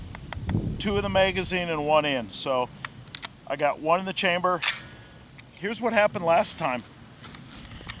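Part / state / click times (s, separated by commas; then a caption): shotgun shell into tube magazine / not seated / none. Someone talks while loading a shotgun shell into the tube magazine of a Beretta A400 Xplor semi-automatic shotgun, with short sharp sounds near 0.2, 0.3, 0.5, 5.4, 7.7 and 7.9 seconds. The magazine latch does not catch the shell, and it slips back behind the carrier, so nothing has seated or clicked yet.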